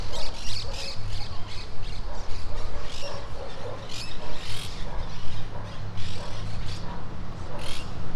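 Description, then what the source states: Monk parakeets in a noisy flock, rapid scratchy squawks that rise and fall in intensity, with a low humming rumble throughout. In trees near the coast of Playa Ancha.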